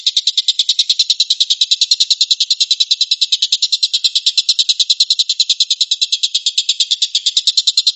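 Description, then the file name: Stork-billed kingfisher with a rapid, harsh, high-pitched rattle of pulses in an unbroken series. Rapid 'shooting' call, known locally as tembakan. "suara tembakan tengkek buto"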